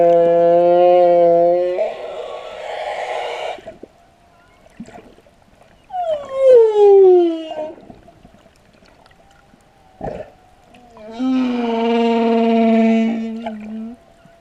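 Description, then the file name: Whale calls: long tonal harmonic moans, one sharply descending sweep in the middle, separated by quieter gaps. "ballena"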